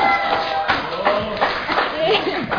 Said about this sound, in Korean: 네, 박수 한번 부탁드립니다.